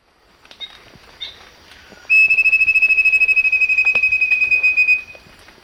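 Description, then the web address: Wing-banded Wren song: a loud, rapid series of piercing high whistles on one pitch pours out for about three seconds, then stops. Ecuador. "Birds of Ecuador 29 wing-banded Wren"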